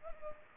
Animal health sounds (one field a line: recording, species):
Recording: mosquito wingbeat signal from an infrared sensor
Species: Culex pipiens